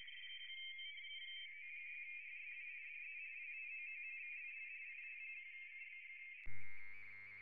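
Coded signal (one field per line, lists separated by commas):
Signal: RTTY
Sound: rapid warbling two-tone teleprinter chatter for six seconds, then a sudden tonal chord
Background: brief music at end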